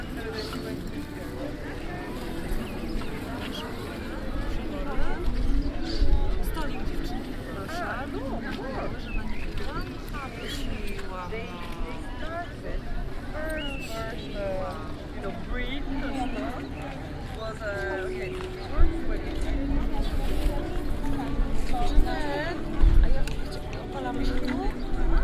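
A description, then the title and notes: Sitting on a bench at a busy park, many voices talk and overlap, forming a dense, steady babble. Occasional louder bursts and a few knocks or thumps stand out, with a low rumble underneath throughout. Sitting On Bench At Parc Guell. Here's another recording from a visit to Barcelona in June 2006. Recorded at Parc Guell, this takes in some of the general atmosphere.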